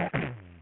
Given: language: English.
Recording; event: throat vibration sensor signal played as sound; throat clearing